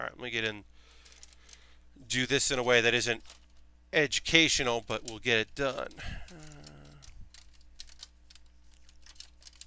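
Someone talks while handling a plastic hydraulic piston part against the body of a space pod model kit, with faint plastic taps and clicks of handling in the pauses. Nothing has seated or clicked into place yet.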